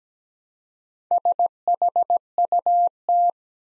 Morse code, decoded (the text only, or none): SHUT